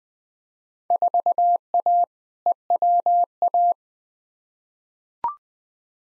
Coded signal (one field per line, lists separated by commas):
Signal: Morse code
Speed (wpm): 20 wpm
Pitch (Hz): 700 Hz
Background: none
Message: 4A EWA